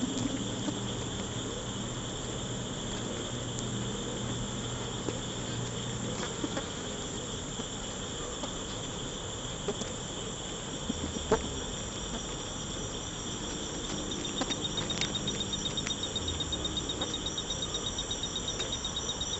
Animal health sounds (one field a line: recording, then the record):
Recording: honeybee defence experiment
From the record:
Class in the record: control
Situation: empty test tube, no live specimens